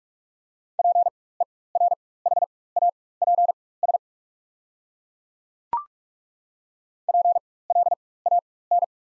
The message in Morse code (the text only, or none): PERHAPS PLAN